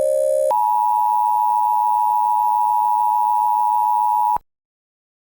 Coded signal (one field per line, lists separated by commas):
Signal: Emergency Alert System (SAME) tones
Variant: 853 and 960 Hz attention tone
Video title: EAS Scenario #4 - Shattered Peace (Kaiserreich)